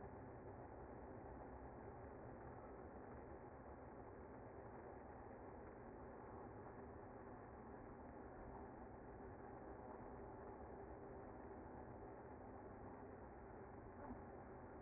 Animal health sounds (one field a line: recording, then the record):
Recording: honeybee colony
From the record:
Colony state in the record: active